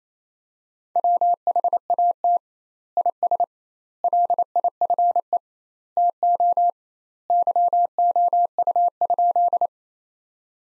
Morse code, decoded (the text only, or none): WHAT IS LIFE TO YOU?